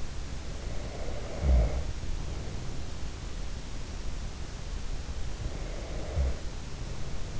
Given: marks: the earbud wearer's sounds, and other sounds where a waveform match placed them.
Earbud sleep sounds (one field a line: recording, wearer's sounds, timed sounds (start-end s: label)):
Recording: sounds in sleep by an in-ear microphone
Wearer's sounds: snoring breath, breath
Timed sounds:
0.49-2.91 s: snoring breath
4.99-7.40 s: breath